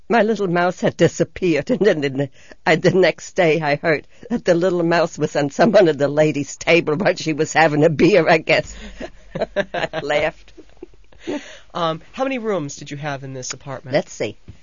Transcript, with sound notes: My little mouse had disappeared, and the next day I heard the little mouse was on one of the ladies' table while she was having a beer, I guess. (she laughs) I laughed.
How many rooms did you have in this apartment?
Let's see.